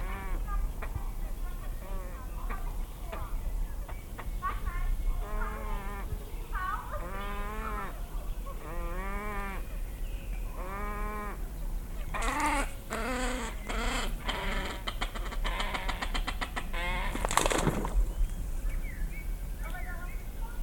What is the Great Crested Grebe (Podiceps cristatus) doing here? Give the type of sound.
call